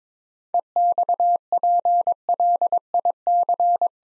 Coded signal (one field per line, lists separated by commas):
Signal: Morse code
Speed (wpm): 22 wpm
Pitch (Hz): 700 Hz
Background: none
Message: EXPLIC